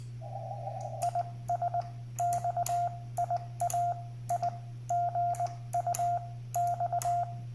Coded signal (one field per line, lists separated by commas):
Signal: Morse code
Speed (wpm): 20 wpm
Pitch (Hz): 700 Hz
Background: radio noise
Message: IS X IA I GU X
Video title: CW with Xiegu X6100